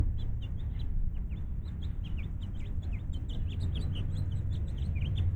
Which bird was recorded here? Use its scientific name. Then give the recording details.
Haemorhous mexicanus. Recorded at North Valley Stream on Long Island, New York, on 11 June 1975. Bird A